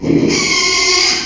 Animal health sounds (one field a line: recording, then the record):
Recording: squeal of a Yucatan mini pig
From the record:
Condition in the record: after surgery on the right vocal fold (resection and tissue-engineered implant)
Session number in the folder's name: 2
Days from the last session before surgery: 13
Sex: male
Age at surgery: 12 weeks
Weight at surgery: 13 kg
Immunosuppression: cyclosporine, prednisolone